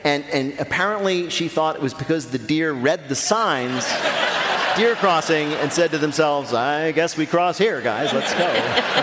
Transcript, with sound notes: And apparently she thought it was because the deer read the signs...
(LAUGHTER)
...Deer crossing - and said to themselves, I guess we cross here, guys. Let's go.